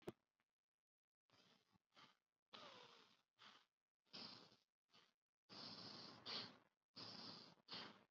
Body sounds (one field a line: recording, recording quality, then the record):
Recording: shallow breathing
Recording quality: excellent, no background noise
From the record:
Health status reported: COVID-19 positive, mild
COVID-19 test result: positive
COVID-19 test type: RT-PCR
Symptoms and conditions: cough, fever, fatigue, muscle pain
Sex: male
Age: 20 years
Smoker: no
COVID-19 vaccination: one dose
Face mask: worn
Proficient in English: yes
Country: India